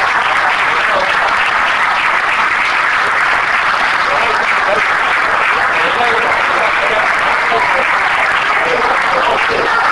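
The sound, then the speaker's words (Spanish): Steady, loud audience applause for the Partido Justicialista candidate list fills the whole ten seconds, a dense wash of many hands clapping at once with no pauses or breaks in the sound. “Ellos, de esta manera ha quedado conformada la lista del Partido Justicialista, a quienes pedimos un aplauso para todos.”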